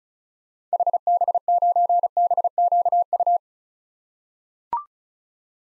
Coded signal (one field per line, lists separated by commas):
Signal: Morse code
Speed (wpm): 36 wpm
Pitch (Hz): 700 Hz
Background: none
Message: HB9BQU